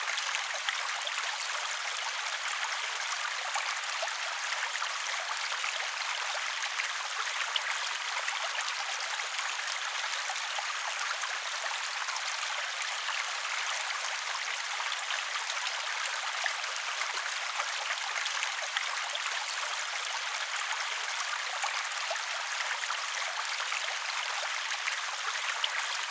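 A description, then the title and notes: A small stream runs steadily over the whole clip, a dense, even rush of water with no pauses or swells. The sound is bright and hissy, with almost nothing in the low end. Tiny splashes and trickles flicker constantly within the flow. Sleepy Small Stream - Water Ambient Sounds.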